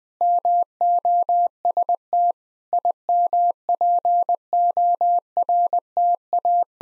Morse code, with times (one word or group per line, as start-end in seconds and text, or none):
0.2-2.3 MOST
2.7-6.6 IMPORTA